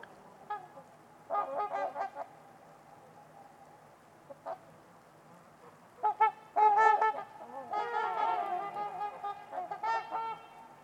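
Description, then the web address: Trumpeter swans honking in bouts: a cluster of calls, a quiet gap, then a louder flurry of overlapping trumpeting notes through the second half. Trumpeter swans at Winters Lake in a deep valley on a winter evening; silent surroundings apart from distant white noise. "Trumpeter Swans on a Winter's Eve. Nick-Mc Mahan Winters-Lake-with-Swan. Wind Is the Original Radio"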